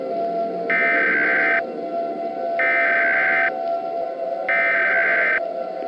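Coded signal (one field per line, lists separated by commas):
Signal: Emergency Alert System (SAME) tones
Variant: header bursts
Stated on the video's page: Fictional EAS scenario based on the film War of the Worlds, containing valid EAS tones.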